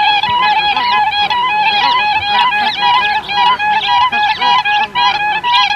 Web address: earth naturelibrary. siberian crane